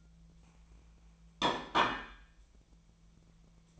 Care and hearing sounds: daily activity, microphone in the room; place plate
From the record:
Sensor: 1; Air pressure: 1009.4 hPa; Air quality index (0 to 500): 195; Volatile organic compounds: 19 ppm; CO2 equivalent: 2668 ppm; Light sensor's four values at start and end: 28/73/30/36 and 29/73/30/36

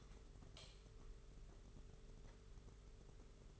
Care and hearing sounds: daily activity, microphone in the room; light on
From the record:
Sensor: 4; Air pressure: 991.8 hPa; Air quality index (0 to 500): 99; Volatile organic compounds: 11 ppm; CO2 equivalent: 2315 ppm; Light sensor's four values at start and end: 7/16/6/6 and 9/25/9/11

